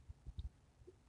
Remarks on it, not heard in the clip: Can you hear my stomach growling? I'm hungry.